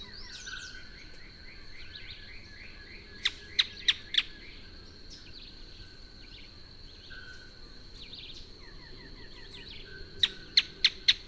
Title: LuckyPassaro Completos2Sama. Canebrake Groundcreeper (Clibanornis dendrocolaptoides)